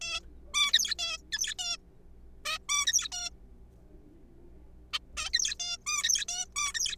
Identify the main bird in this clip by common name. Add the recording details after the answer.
Zebra Finch. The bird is a juvenile. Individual R3428